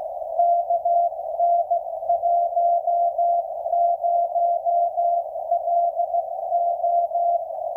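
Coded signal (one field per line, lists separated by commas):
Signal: Morse code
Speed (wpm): 15 wpm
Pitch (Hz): 690 Hz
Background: radio noise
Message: KN10LO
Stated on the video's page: 10 m beacon on 28.2564 MHz, mode A1, 3 W into a ground plane, received with fading (QSB), signal report 519.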